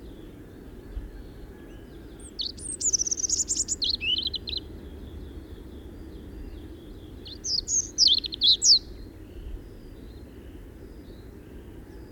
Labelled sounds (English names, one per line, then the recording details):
European Robin song
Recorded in the wild
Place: Bergen, Insel Rügen, Mecklenburg-Vorpommern, DE
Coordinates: 54.415, 13.426
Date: 1976-04-25 06:15
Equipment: Nagra III BH, Sennheiser MD 21, parabola
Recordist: Schubert, Michael
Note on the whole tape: Spontangesang Rotkehlchen